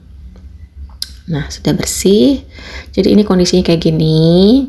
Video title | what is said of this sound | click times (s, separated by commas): Review Vacuum Cleaner Airboot DX200 setelah 10 bulan pemakaian | Jadi dia supaya sampai dia bunyi klek gitu. | 1.0 s